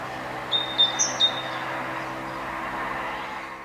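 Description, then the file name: Great tit giving three or four short, thin high notes in quick succession over steady low hum and hiss. "Parus major"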